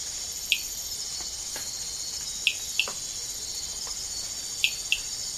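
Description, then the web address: Amazonian rain frog with brief chirped notes, some doubled, spaced a couple of seconds apart, with loud continuous insect buzzing behind. Recorded in the Ecuadorian Amazon. "Frogs of Ecuadorian Amazon Eleutherodactylus altamazonicus"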